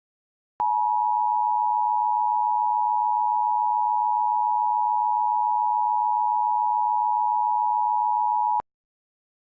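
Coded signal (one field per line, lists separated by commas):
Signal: Emergency Alert System (SAME) tones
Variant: 853 and 960 Hz attention tone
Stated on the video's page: A re-creation of the National Periodic Test, not a live broadcast.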